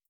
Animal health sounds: hydrophone in a shrimp aquaculture tank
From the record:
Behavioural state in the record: starved

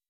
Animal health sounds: hydrophone in a shrimp aquaculture tank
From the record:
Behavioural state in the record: weakened

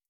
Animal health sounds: hydrophone in a shrimp aquaculture tank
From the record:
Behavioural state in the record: starved

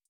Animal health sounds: hydrophone in a shrimp aquaculture tank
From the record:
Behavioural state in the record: feeding

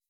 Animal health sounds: hydrophone in a shrimp aquaculture tank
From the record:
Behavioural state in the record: weakened

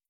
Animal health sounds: hydrophone in a shrimp aquaculture tank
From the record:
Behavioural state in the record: starved

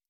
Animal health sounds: hydrophone in a shrimp aquaculture tank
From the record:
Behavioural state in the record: stressed

